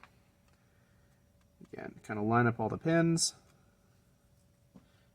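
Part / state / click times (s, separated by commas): RJ45 jack into printed circuit board / not seated / none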